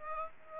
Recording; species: mosquito wingbeat signal from an infrared sensor; Aedes aegypti